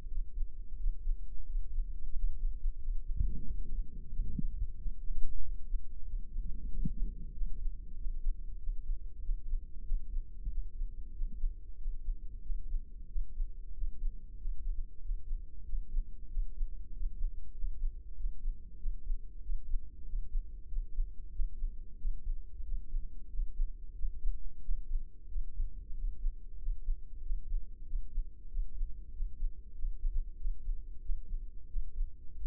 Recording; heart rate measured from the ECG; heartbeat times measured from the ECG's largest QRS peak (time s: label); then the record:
heart sounds by microphone in the left ear; 93 bpm
0.09 s: heartbeat
0.78 s: heartbeat
1.47 s: heartbeat
2.14 s: heartbeat
2.80 s: heartbeat
3.46 s: heartbeat
4.12 s: heartbeat
4.79 s: heartbeat
5.43 s: heartbeat
6.07 s: heartbeat
6.71 s: heartbeat
7.34 s: heartbeat
7.98 s: heartbeat
8.60 s: heartbeat
9.22 s: heartbeat
9.85 s: heartbeat
10.51 s: heartbeat
11.15 s: heartbeat
11.79 s: heartbeat
12.43 s: heartbeat
13.09 s: heartbeat
13.75 s: heartbeat
14.39 s: heartbeat
15.02 s: heartbeat
15.66 s: heartbeat
16.30 s: heartbeat
16.94 s: heartbeat
17.55 s: heartbeat
18.17 s: heartbeat
18.79 s: heartbeat
19.43 s: heartbeat
20.06 s: heartbeat
20.70 s: heartbeat
21.33 s: heartbeat
21.99 s: heartbeat
22.65 s: heartbeat
23.31 s: heartbeat
23.96 s: heartbeat
24.62 s: heartbeat
25.29 s: heartbeat
25.96 s: heartbeat
26.60 s: heartbeat
27.23 s: heartbeat
27.87 s: heartbeat
28.50 s: heartbeat
29.14 s: heartbeat
29.76 s: heartbeat
30.38 s: heartbeat
31.03 s: heartbeat
31.70 s: heartbeat
32.39 s: heartbeat
From the record:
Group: healthy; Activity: rest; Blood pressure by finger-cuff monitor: 144/75 mmHg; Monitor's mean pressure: 92 mmHg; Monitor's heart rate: 93 bpm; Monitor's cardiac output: 8.2 L/min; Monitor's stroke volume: 89 mL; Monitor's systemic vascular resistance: 820 dyn s/cm5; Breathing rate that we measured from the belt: 20 breaths a minute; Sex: male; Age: 21 years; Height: 175 cm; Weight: 72.6 kg